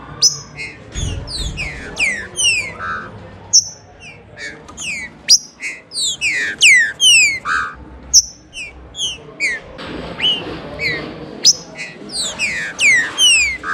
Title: Trinca Ferro